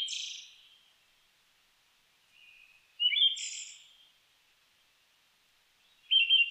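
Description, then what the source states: Siberian thrush song: short high phrases, each trailing off in a fading tail, repeated about every three seconds with silent gaps between. Recorded 29 May 2004.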